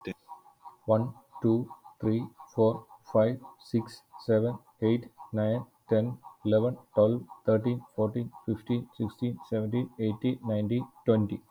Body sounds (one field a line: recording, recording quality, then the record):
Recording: counting at a normal pace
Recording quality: excellent, no background noise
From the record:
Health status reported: healthy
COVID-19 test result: not tested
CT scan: not taken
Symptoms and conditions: none ticked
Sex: male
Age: 39 years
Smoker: no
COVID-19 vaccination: none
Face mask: worn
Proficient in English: yes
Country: India